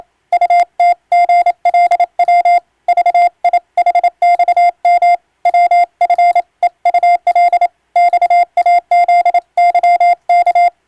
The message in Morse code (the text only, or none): UTGLW VIHXM WFEUL XAZYK